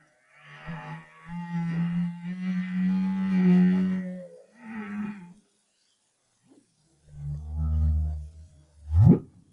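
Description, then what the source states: Humpback whale song: long low harmonic moans, a pause, then another deep moan followed by a sharp fast upsweep. Recorded in 2011 as part of the BRAHSS project.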